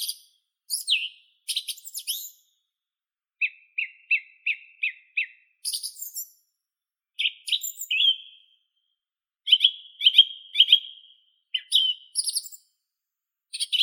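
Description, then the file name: Song thrush song: scratchy high phrases, a short note repeated several times, then fluty whistles repeated in small groups, with pauses between phrases. "Drozd pevchij Turdus philomelos"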